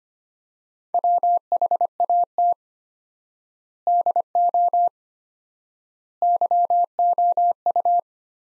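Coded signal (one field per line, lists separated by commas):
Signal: Morse code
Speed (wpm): 25 wpm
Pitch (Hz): 700 Hz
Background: none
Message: WHAT DO YOU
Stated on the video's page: Morse practice sending sets of five words at 25 wpm with 4x word spacing, a word-based analogue of Farnsworth spacing.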